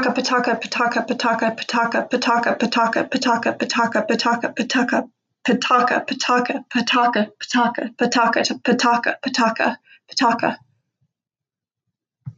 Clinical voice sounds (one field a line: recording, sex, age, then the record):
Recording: repeated syllables /pa ta ka/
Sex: female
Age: 20 to 29 years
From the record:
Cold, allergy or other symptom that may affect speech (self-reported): no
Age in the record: 26 years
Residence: California, United States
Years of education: 16